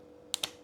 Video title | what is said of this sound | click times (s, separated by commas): Best Accessory For The Insta360 x5? | And then when you use it, you flip it back and it clicks into place | 0.3 s, 0.4 s